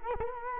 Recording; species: mosquito wingbeat signal from an infrared sensor; Culex quinquefasciatus